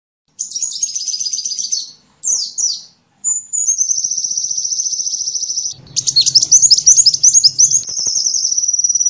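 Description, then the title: Sunbird song, high thin trills and fast chattering runs, a long sustained buzzy trill, then rapid jumbled twittering over a faint low hum. Sunbird in full song (gacor), with fill-in phrases (isian) copied from the cililin and the canary. "Kolibri gacor isian cililin dan kenari"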